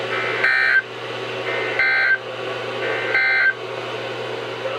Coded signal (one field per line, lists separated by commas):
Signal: Emergency Alert System (SAME) tones